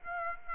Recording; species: mosquito wingbeat signal from an infrared sensor; Aedes aegypti